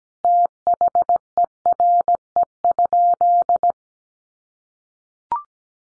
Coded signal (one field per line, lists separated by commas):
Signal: Morse code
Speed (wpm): 17 wpm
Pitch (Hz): 700 Hz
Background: none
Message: THERE?